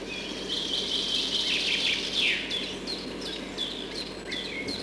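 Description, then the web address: Redwing singing a short twittering phrase that falls at the end, then sparse sharp high notes. Recorded in spring. "vremena vesna drozd belobrovik"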